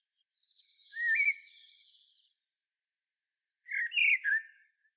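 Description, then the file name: Common blackbird song: a mellow, whistled phrase with a high twitter, then after a pause a second loud fluted phrase. "Turdus merula"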